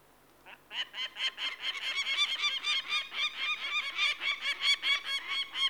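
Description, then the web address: Peregrine falcon giving a dense, excited chatter of harsh repeated notes that build quickly and run on without a break. "The BBC Sound Effects Library. Peregrine Falcon"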